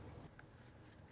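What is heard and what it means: A second Samsung dryer moisture sensor strip, part DC61-02627A, is handled as it is inserted toward the dryer sensor bracket, producing low, steady handling rumble with a brief faint blip near 0.4 s. Nothing has seated or clicked yet; the clip ends just before the part goes home.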